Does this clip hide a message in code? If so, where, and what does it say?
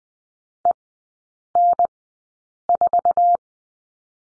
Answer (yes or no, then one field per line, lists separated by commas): yes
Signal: Morse code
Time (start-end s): 0.6-3.4 s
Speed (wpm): 20 wpm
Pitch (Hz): 700 Hz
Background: none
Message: EN4